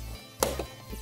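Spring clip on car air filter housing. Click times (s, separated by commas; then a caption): 0.4 s. A spring clip on the air filter housing of an E30 BMW is pushed on and snaps home with a sharp click at 0.4 s, over a low steady hum. The clip is seated.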